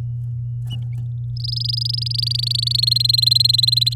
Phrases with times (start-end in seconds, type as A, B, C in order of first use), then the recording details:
1.37-2.89 A, 2.91-3.94 B. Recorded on 7 May 2018 at 11:07. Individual llb16